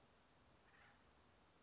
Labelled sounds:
Acorn Woodpecker (Melanerpes formicivorus)
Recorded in Sonoma County, California

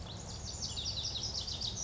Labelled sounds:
Lazuli Bunting (Passerina amoena)
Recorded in Sonoma County, California

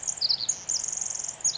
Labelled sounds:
Pacific Wren (Troglodytes pacificus)
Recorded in Sonoma County, California

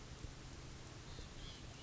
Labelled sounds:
White-breasted Nuthatch (Sitta carolinensis)
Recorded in Sonoma County, California

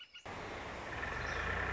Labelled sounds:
Northern Flicker (Colaptes auratus)
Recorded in Sonoma County, California

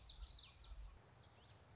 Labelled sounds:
Common Yellowthroat (Geothlypis trichas)
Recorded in Sonoma County, California

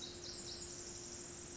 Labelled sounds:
Pacific Wren (Troglodytes pacificus)
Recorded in Sonoma County, California

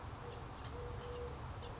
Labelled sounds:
Eurasian Collared Dove (Streptopelia decaocto)
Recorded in Sonoma County, California

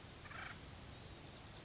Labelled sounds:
Acorn Woodpecker (Melanerpes formicivorus)
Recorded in Sonoma County, California

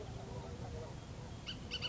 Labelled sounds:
Bullock's Oriole (Icterus bullockii)
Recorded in Sonoma County, California

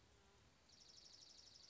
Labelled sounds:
Dark-eyed Junco (Junco hyemalis)
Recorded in Sonoma County, California

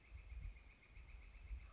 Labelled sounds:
Northern Flicker (Colaptes auratus)
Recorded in Sonoma County, California

